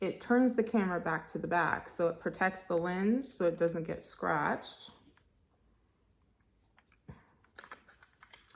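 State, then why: Seated. Someone talks for the first five seconds, then a DJI Osmo Pocket 3 handheld gimbal camera is pressed into its fitted protective case. After a quiet stretch, a sharp click at 7.6 s marks it seating in place, followed by a few smaller handling clicks up to about 8.5 s.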